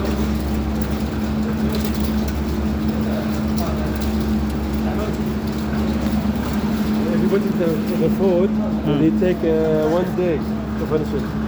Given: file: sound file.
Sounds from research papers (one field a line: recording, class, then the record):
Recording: poultry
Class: feeding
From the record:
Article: Edge intelligence for poultry welfare: Utilizing tiny machine learning neural network processors for vocalization analysis